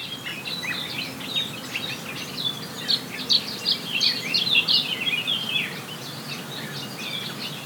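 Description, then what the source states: Birds singing in a dense chorus of overlapping high chirps and twitters, fluttering and continuous, with a low steady background hiss throughout. Forest birds on La Palma; binaural 3D recording.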